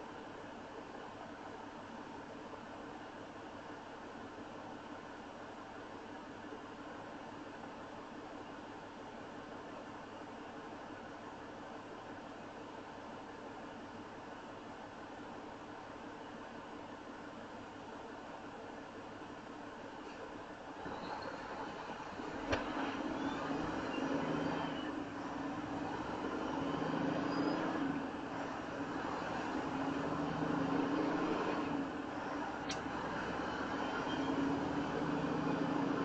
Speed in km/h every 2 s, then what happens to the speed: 0, 0, 0, 0, 0, 0, 0, 0, 0, 0, 5, 11, 11, 16, 18, 23, 24, 27.
0-19 standing. 19-36 pulls away to 27.